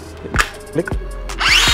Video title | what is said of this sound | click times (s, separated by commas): Inyroduction to DeWalt DCH172N-XJ Compact Hammer Drill - paintnhardware.com | And it has a 18 volt or a 20 volt max DeWalt battery. Click, | 0.4 s